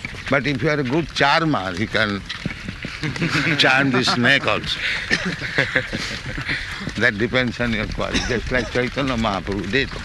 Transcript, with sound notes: But if you are a good charmer, you can charm the snake also. [laughter] That depends on your quality. Just like Caitanya Mahāprabhu did.